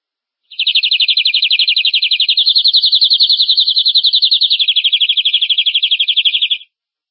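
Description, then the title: Domestic canary rolling trill, a very rapid, dense buzz of high notes held steadily for about six seconds, dipping slightly toward the end before stopping abruptly. "Kenari"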